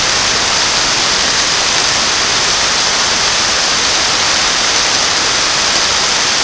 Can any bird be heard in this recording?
no